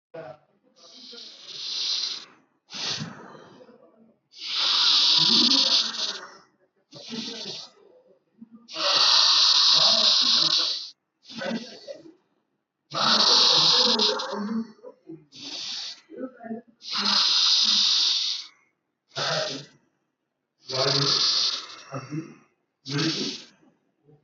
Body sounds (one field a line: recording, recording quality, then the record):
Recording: deep breathing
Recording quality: moderate, slight background noise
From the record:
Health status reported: exposed to COVID-19, no respiratory illness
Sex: male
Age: 32 years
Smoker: yes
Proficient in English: yes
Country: India